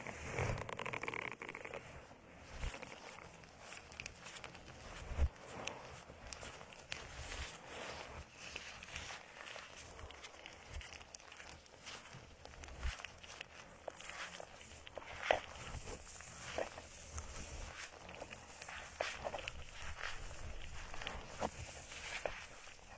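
Plants are rubbed in circles around the ears, a dense, crackling rustle that swells and fades unevenly, with sharp snaps near 5 and 15 seconds.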